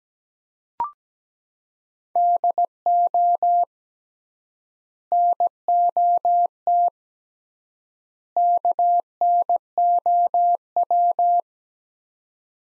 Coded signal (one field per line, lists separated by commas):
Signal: Morse code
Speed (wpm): 17 wpm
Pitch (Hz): 700 Hz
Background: none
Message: DO NOT KNOW